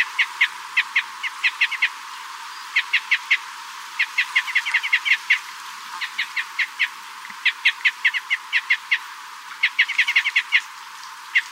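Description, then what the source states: Red crossbill calls: short clipped notes in quick, irregular clusters, continuing throughout over a background hiss. Red crossbill of call type S, giving excitement calls.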